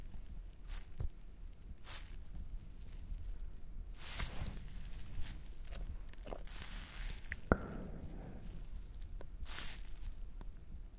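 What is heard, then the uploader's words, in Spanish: Wet mouth and hand sounds with sticky honey, soft squishes and smacks recurring every second or so, plus one sharp click near seven seconds. Sonidos de boca y algunos de manos y miel.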